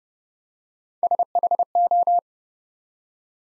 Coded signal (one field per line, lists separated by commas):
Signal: Morse code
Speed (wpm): 30 wpm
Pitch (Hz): 700 Hz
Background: none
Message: SHO